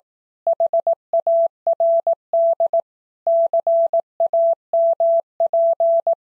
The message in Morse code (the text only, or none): HARD CAMP